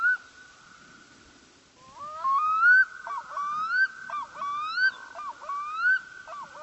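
Bird calls: rising, slurred whistled notes with harmonics, repeated about once a second over a steady high tone.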